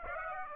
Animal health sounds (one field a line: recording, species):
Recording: mosquito wingbeat signal from an infrared sensor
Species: Aedes aegypti